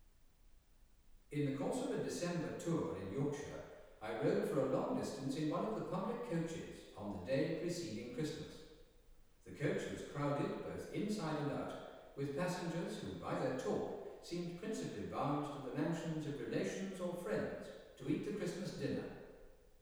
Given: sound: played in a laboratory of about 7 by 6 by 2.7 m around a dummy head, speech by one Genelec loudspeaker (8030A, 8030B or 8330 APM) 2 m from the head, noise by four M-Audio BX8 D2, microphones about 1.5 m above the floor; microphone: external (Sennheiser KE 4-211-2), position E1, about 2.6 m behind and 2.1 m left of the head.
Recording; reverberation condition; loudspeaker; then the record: male speech in English; high; 30 degrees to the right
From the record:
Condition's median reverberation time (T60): about 1300 ms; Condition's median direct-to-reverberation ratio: about -4.0 dB